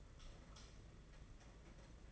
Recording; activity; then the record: daily activity, microphone in the room; light off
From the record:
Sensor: 4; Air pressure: 992.7 hPa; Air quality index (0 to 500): 169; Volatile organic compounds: 254 ppm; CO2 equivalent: 4372 ppm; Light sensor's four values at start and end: 5/10/4/4 and 4/8/3/3